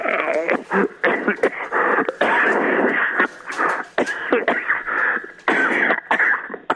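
An adult caller coughs heavily over a phone line, acted.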